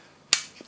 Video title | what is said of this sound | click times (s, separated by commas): Panasonic LUMIX S1 - S1H - SONY A7III - EXPERIENCES AND COST AS A #Videographer | See, click in, | 0.3 s